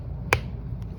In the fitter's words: this part here, this crease here, we have to hear a click And then it stopped, then it closed